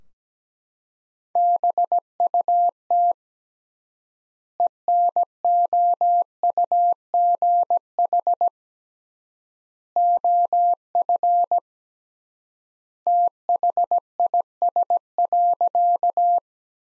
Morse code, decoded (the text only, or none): BUT ENOUGH OF THIS.